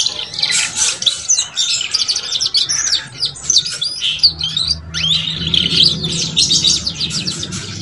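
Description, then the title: Belgian canary pouring out a busy, unbroken stream of high chirps, twitters and trills over a soft low hum. Belgian canary song used to warm up and stimulate young canaries so they start singing and chattering quickly. "Canto Para Esquentar Canário Belga. SUARA KENARI PAUD CUIT CUIT BELAJAR BUNYI - pancingan kenari paud muda agar cepat bunyi dan ngeriwik"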